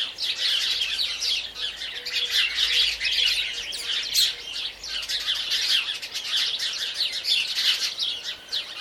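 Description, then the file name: House sparrow calls: an unbroken flock chorus of bright, overlapping chirps and chatter that stays busy and steady throughout. "Passer domesticus"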